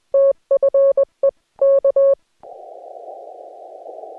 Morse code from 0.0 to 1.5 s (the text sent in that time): TFE